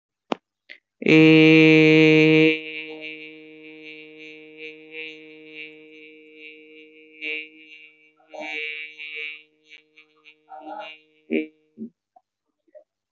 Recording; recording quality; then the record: sustained vowel as in made; excellent, no background noise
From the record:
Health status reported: healthy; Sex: male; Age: 19 years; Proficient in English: yes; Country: India